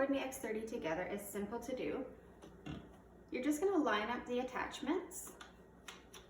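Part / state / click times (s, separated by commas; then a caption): vacuum attachment into cordless vacuum body / not seated / none. Someone talks while lining up the plastic tube and attachments of a Roidmi X30 Pro cordless vacuum to push them into the vacuum body, with a few brief handling knocks. The clip ends before the attachments click together, so nothing has seated yet.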